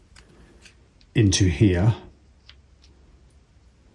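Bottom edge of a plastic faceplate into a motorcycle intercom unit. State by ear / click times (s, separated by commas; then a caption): not seated / none. The bottom edge of a plastic custom faceplate is handled against its slot on a Sena 60S Mesh motorcycle intercom unit while someone talks briefly in the middle of the clip. Only faint, sharp handling ticks are heard around it, and nothing has seated or clicked into place yet.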